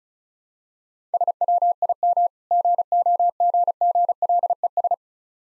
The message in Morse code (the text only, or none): SWIM GOGGLES